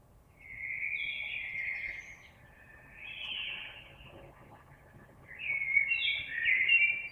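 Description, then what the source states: Common blackbird song: three mellow warbled phrases in succession, the last ending in brighter twitters, over background noise. Recorded on 26 April 2022.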